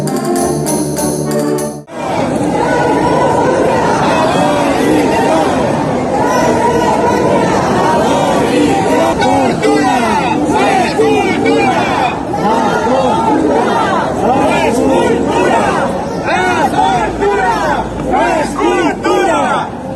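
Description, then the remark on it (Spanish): A large crowd shouts and yells at a bull during a bull run (encierro), people running in front of and behind it, many voices overlapping in a loud, unbroken roar of cries and chatter after a short opening sound. “Al toro se le grita, se le pega, le tiran del rabo.”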